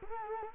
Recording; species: mosquito wingbeat signal from an infrared sensor; Culex quinquefasciatus